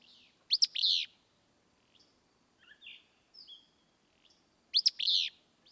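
Willow flycatcher song: a sharp, burry two-part phrase sung twice about four seconds apart, with soft chirps and slurred notes in between.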